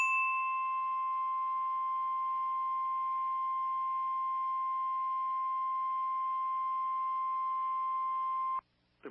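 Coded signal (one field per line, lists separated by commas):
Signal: Emergency Alert System (SAME) tones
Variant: 1050 Hz attention tone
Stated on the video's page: Required Weekly Tests captured in one day.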